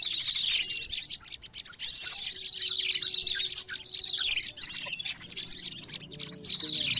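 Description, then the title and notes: Noisy birds twittering, with bright trilled runs near the start and two seconds in, then scattered whistles and chirps. Noisy mix of bird calls used as a lure (pikat). "Burung Ribut Pikat"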